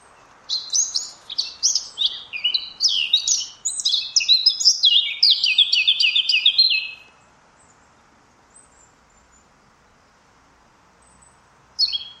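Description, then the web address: Eurasian blackcap song, a fast, jumbled warble of chattering notes lasting about seven seconds, then quiet with one short note near the end. "cianscape birddata Deverinetal 2025"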